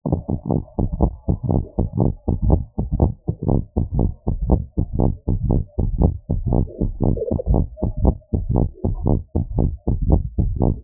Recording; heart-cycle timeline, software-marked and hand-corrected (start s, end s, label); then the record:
heart sounds
0.00	0.02	S2
0.02	0.20	diastole
0.20	0.30	S1
0.30	0.50	systole
0.50	0.62	S2
0.62	0.78	diastole
0.78	0.88	S1
0.88	1.02	systole
1.02	1.14	S2
1.14	1.28	diastole
1.28	1.36	S1
1.36	1.50	systole
1.50	1.62	S2
1.62	1.78	diastole
1.78	1.86	S1
1.86	1.98	systole
1.98	2.10	S2
2.10	2.22	diastole
2.22	2.28	S1
2.28	2.44	systole
2.44	2.60	S2
2.60	2.76	diastole
2.76	2.84	S1
2.84	3.00	systole
3.00	3.12	S2
3.12	3.26	diastole
3.26	3.34	S1
3.34	3.48	systole
3.48	3.60	S2
3.60	3.76	diastole
3.76	3.84	S1
3.84	3.98	systole
3.98	4.12	S2
4.12	4.28	diastole
4.28	4.36	S1
4.36	4.50	systole
4.50	4.62	S2
4.62	4.76	diastole
4.76	4.86	S1
4.86	5.00	systole
5.00	5.12	S2
5.12	5.26	diastole
5.26	5.34	S1
5.34	5.48	systole
5.48	5.62	S2
5.62	5.78	diastole
5.78	5.86	S1
5.86	6.00	systole
6.00	6.14	S2
6.14	6.30	diastole
6.30	6.40	S1
6.40	6.54	systole
6.54	6.66	S2
6.66	6.82	diastole
6.82	6.92	S1
6.92	7.06	systole
7.06	7.16	S2
7.16	7.28	diastole
7.28	7.36	S1
7.36	7.50	systole
7.50	7.66	S2
7.66	7.80	diastole
7.80	7.88	S1
7.88	8.02	systole
8.02	8.16	S2
8.16	8.32	diastole
8.32	8.40	S1
8.40	8.54	systole
8.54	8.68	S2
8.68	8.84	diastole
8.84	8.94	S1
8.94	9.08	systole
9.08	9.20	S2
9.20	9.36	diastole
9.36	9.46	S1
9.46	9.62	systole
9.62	9.78	S2
9.78	10.04	diastole
10.04	10.20	S1
10.20	10.38	systole
10.38	10.54	S2
10.54	10.68	diastole
10.68	10.78	S1
10.78	10.84	systole
From the record:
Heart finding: abnormal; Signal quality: good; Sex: female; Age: 48 years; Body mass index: 24.7